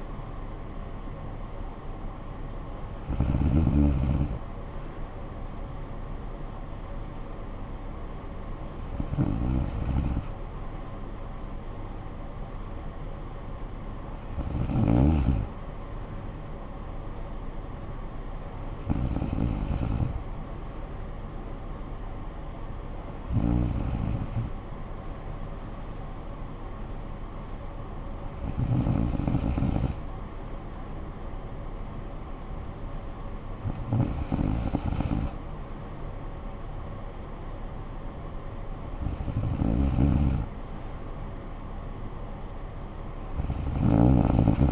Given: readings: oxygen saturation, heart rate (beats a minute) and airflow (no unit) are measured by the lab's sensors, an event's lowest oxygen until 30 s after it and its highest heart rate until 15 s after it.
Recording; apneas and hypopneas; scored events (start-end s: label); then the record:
breathing in sleep by a smartphone at the bedside; none
none scored
From the record:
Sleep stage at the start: N2 (light sleep); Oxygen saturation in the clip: 94 to 95%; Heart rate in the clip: 48 to 65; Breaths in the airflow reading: 8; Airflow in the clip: -10.0 to 7.4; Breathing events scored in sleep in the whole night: 445 in 7.6 hours asleep